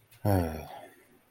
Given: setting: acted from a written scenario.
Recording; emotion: vocal sound without words; disappointment